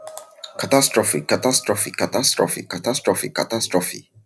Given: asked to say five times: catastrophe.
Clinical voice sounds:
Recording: repeated word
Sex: male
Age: 20 to 29 years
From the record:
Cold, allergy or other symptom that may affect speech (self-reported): no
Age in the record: 28 years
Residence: United Kingdom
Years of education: 16

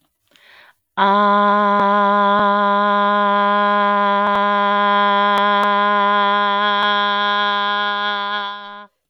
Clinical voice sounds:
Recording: vowel held as long as possible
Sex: female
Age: 40 to 49 years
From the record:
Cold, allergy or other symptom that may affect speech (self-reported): no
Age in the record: 45 years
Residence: Tennessee, United States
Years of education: 15

